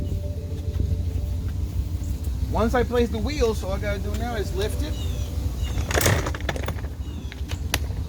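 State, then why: Seated. Transom wheels fitted to an inflatable boat's transom are lifted up into travel position while someone talks over a steady low hum. A cluster of knocks and rattles sounds around 6.0 to 6.7 seconds, then the wheel bracket locks into place with a sharp click at 7.7 seconds.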